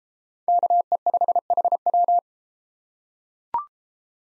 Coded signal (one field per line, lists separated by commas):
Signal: Morse code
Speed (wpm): 32 wpm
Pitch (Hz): 700 Hz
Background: none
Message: KE5HW